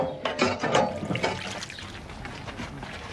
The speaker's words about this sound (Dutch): Wat zijn jullie aan het doen? Water pompen. Waarvoor? Voor de kippen.